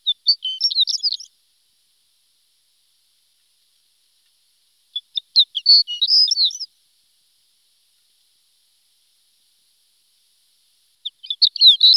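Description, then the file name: Horned lark singing high, jingling twittery phrases about every five to six seconds, each a rapid tinkling jumble lasting a second and a half or so, with silence between. "shore lark"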